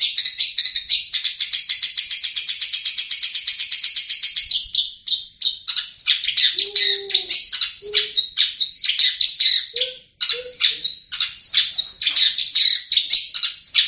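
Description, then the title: Long-tailed shrike song opening with a long rapid rattling buzz, then varied scratchy, twittering phrases; a few brief lower notes come in during the middle. "cendet"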